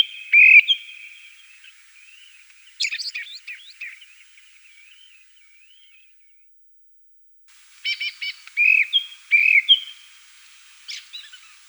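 Dusky thrush song with a whistled opening, a twittering middle section, and, after a pause, a longer phrase of clicks and ringing whistles.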